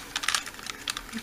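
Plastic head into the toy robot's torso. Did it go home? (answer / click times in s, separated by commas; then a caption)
no / none. A plastic head is brought up toward the torso of a Transformers Beast Wars Megatron toy robot during its transformation, with a few sharp, light plastic clicks and taps around 0.2–0.4 s and again near 0.9 s. The head has not snapped into place yet; nothing has seated or clicked home.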